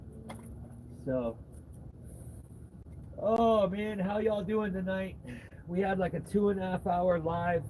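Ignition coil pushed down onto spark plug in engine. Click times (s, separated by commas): 0.3 s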